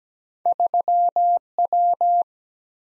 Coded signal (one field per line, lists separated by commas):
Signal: Morse code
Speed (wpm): 17 wpm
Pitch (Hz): 700 Hz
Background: none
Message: 3W